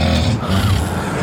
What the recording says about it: I snore a lot. This is evidence of your snoring last evening. that's a deep sleep. That is a big snore.